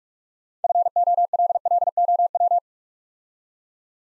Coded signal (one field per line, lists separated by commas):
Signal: Morse code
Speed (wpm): 44 wpm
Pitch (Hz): 700 Hz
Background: none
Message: FOLLOW